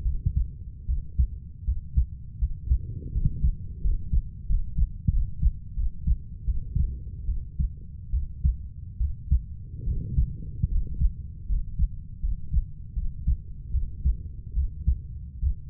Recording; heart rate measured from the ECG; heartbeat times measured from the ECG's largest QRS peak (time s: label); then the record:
heart sounds by stethoscope; 78 bpm
0.03 s: heartbeat
0.86 s: heartbeat
1.65 s: heartbeat
2.38 s: heartbeat
3.12 s: heartbeat
3.81 s: heartbeat
4.47 s: heartbeat
5.10 s: heartbeat
5.74 s: heartbeat
6.45 s: heartbeat
7.26 s: heartbeat
8.11 s: heartbeat
8.98 s: heartbeat
9.84 s: heartbeat
10.68 s: heartbeat
11.47 s: heartbeat
12.20 s: heartbeat
12.94 s: heartbeat
13.71 s: heartbeat
14.54 s: heartbeat
15.40 s: heartbeat
From the record:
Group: healthy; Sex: female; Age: 32 years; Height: 168 cm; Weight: 61.9 kg